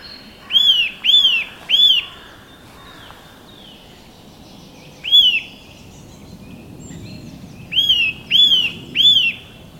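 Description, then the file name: Eurasian nuthatch giving clear, loud whistled calls, each note arching up then sliding down, in a quick trio, a single note, then another trio, over faint background hiss. "Sitta europaea"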